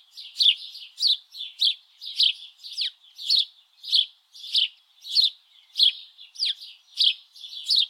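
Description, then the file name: House Sparrow giving bright chirps in a fairly even series. "Passer domesticus"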